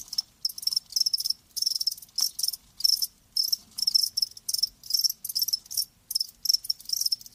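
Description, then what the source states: Crickets chirping in high, pulsed bursts with short gaps, repeated steadily throughout. Live crickets chirping in a lulling song, as a sleep sound.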